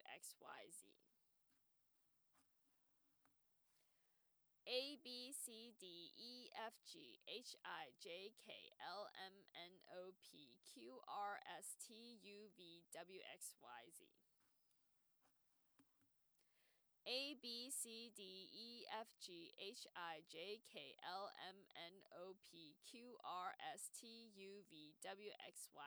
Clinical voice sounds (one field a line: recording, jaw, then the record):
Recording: letters of the alphabet, spoken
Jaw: free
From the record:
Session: first day, before the bite bar